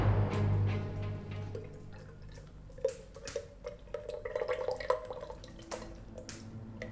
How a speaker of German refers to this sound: Jetzt bist du vollends zu glühendem Brei geschmolzen, den ich in diese Form hier gieße.